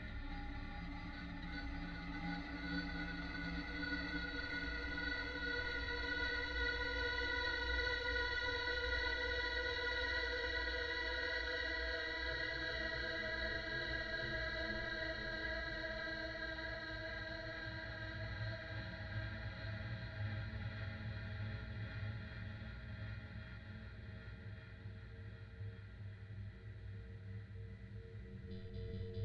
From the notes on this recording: Raw processed sine tones. (Barely) Guitar.